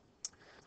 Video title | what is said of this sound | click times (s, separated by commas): Cells 3 The Microscope | you will feel it click into place when the lens is in the right position | 0.2 s